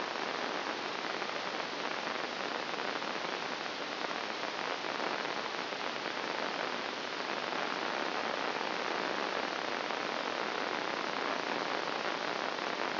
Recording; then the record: brain microelectrode recording played as sound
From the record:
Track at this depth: inside the subthalamic nucleus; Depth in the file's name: 0.558 mm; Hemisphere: right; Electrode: 2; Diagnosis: Parkinson's disease